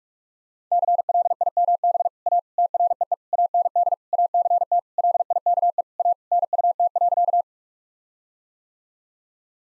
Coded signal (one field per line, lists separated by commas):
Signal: Morse code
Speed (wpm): 46 wpm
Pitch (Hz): 700 Hz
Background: none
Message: CLIMB A TREE AND ACT LIKE A NUT.